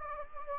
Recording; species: mosquito wingbeat signal from an infrared sensor; Anopheles gambiae